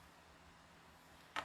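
A sewing machine's bobbin cover is pushed closed after the bobbin is front-loaded. A low, steady background hum is broken at 1.4 seconds by one short, sharp click as the cover seats shut.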